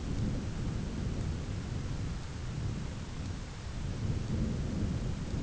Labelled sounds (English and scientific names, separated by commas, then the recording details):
none
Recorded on Arctic tundra, site ZACK-1, on 9 June 2019
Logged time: 17:49